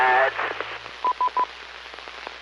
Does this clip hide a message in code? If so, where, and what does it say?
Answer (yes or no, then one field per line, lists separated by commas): no